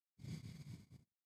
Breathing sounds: one breath near a microphone; exhalation

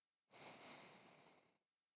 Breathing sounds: one breath near a microphone; exhalation

